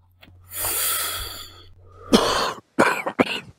Smoking Coughing Sound effect.